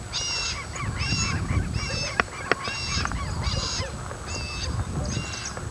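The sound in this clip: Birds giving repeated nasal honking calls, roughly every second, over heavy rumbling low noise with a couple of sharp clicks.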